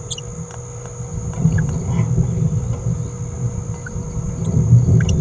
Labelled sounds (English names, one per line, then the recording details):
Green-rumped Parrotlet babbling
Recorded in a nest box in Venezuela
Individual 18B17A3